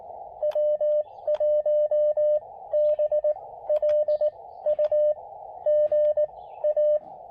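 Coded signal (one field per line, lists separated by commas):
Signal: Morse code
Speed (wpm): 18 wpm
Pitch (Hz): 590 Hz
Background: radio noise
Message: W1BLU GA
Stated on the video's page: Spring 2022 park activation with an Elecraft KX2 and a Chameleon MPAS Lite antenna at New River State Park.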